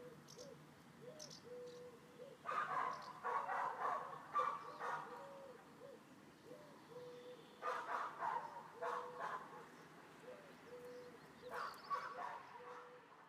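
Dog barking in three bouts of rough barks a few seconds apart, with steady short tonal chirps repeating in the background.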